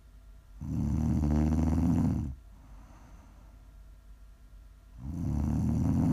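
Prime ASMR snoring from a sleeping adult: two long, loud, low-pitched rumbling snores separated by a quiet pause of steady breathing.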